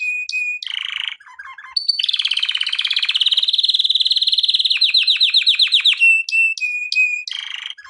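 Canary singing a rapid rolling trill that runs for several seconds, ending in a string of quick downslurred notes, framed by short whistles and chattering bursts.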